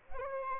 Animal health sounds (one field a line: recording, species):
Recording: mosquito wingbeat signal from an infrared sensor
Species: Aedes albopictus